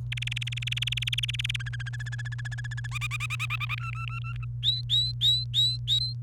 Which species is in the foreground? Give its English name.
Domestic Canary